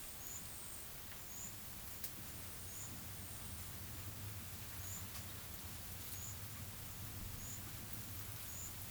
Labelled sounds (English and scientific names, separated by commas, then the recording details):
none
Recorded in pastures near Puerto Asís, Putumayo, Colombia, on 25 June 2025 at 12:30
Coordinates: 0.487, -76.322
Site H26